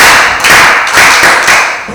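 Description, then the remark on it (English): A group of people clapping together, a loud, dense patter of many hands that swells in rough beats about every half second, with no voices. “And then for him, you have to, for him, wake him up so we can clap for him.”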